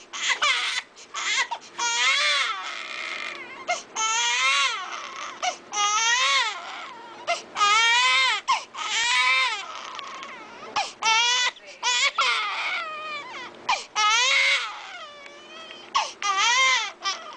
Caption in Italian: C'è un ulteriore tipo di pianto che è frequente tra la seconda e la terza settimana di vita, quando il bambino è proprio piccolino. Il pianto delle cosiddette coliche gassose. Sembra essere un bambino che è inconsolabile, che non smette di piangere. Questo di solito avviene nel tardo pomeriggio, nella prima serata.